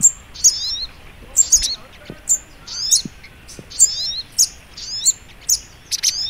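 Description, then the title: Little Spiderhunter calling with high piercing chirps and short falling trills, repeated steadily. Training (masteran) song in the Labaik style. "Masteran Burung Sogok Ontong Labaik"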